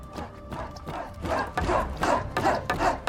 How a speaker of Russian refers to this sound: Квартирмейстер раздает оружие из кучи в тележке.